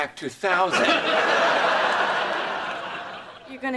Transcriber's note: soundbite of laughter